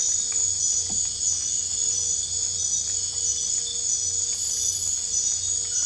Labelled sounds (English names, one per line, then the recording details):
none
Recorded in dense forest near Puerto Asís, Putumayo, Colombia, on 22 December 2024 at 21:30
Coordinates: 0.484, -76.325
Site G056